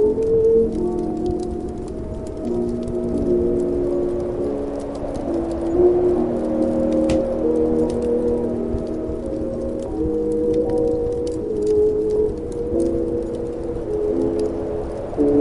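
Old-time music plays in another room, heard muffled through the walls: sustained low and mid notes shift from chord to chord while the treble is mostly lost. Faint crackling ticks sprinkle across the top, and the level stays steady throughout.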